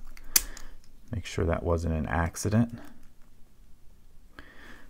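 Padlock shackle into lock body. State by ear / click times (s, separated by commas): seated / 0.4 s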